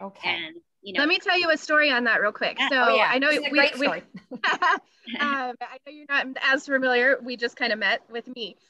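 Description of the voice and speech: A woman speaks in an ordinary conversational voice, fluent apart from a casual repeated 'I know', with normal speech.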